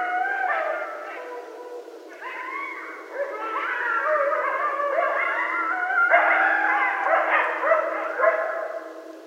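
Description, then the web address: Coyotes yipping and howling together, a dense tangle of quavering calls. Several coyotes at night on 12 November 2012. "Coyote 2012 11 12 Coyotes"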